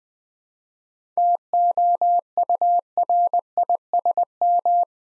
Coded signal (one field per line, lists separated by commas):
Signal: Morse code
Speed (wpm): 20 wpm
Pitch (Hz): 700 Hz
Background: none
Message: TOURISM